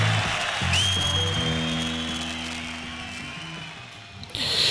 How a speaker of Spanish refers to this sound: Y bueno, vamos a aprovechar ese fuerte aplauso para el tío que tuvo, sí, el valor de subir arriba.